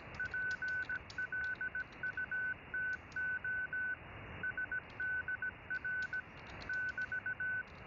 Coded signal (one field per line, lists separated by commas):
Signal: Morse code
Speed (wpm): 17 wpm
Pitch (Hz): 1500 Hz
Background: none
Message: PLUTO SDR <BT>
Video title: Making CW using SDR Console, Pluto SDR and FLDIGI